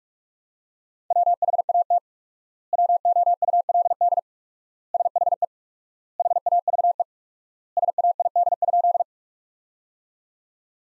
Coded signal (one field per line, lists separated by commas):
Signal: Morse code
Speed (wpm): 46 wpm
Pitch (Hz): 700 Hz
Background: none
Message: WHAT WOULD SHE HAVE SAID?